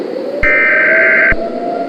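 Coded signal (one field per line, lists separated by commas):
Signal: Emergency Alert System (SAME) tones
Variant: header bursts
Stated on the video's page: Fictional EAS scenario made as a gift, not a real alert.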